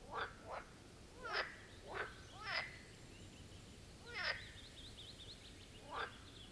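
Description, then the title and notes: Marsh frogs croaking, several pulsed rattling bursts at irregular intervals. Chorus at the Birkensee, Schönbuch, Germany, on one of the first proper hot summer days of 2023. "Marsh Frogs of the Birkensee. A chorus of Marsh Frog ( Pelophylax ridibundus ) at the Birkensee, in Schönbuch, DE. Recorded on one of the first proper hot days of this Summer (2023)"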